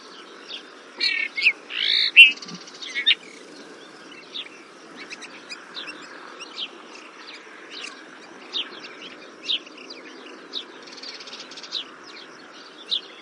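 Trumpeter finch call: one loud, nasal buzzing note early on, followed by a scatter of faint, thin chirps against quiet background hiss.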